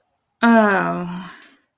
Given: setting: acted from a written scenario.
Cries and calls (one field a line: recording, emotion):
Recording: vocal sound without words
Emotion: shame